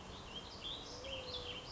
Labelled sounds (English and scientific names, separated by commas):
Ash-throated Flycatcher (Myiarchus cinerascens)